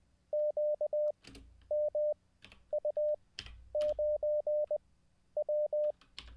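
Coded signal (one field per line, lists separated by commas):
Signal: Morse code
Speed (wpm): 20 wpm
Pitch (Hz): 600 Hz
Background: none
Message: QMU9W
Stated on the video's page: Live Morse code practice after a week-long break.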